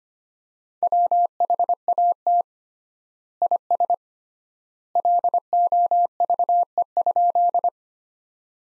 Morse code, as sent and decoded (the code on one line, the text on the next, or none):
.-- .... .- - / .. ... / .-.. --- ...- . ..--..
WHAT IS LOVE?